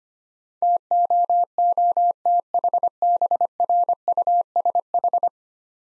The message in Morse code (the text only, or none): TOOTHBRUSH